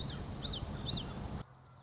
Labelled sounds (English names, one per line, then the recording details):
Common Yellowthroat
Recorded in Sonoma County, California